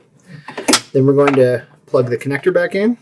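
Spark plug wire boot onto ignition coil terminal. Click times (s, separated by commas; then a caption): 0.7 s. A spark plug wire boot is pushed firmly onto a terminal of the new ignition coil on a Can-Am Maverick, giving a sharp click at 0.7 s as it seats fully, after a few softer handling taps. Someone talks afterward.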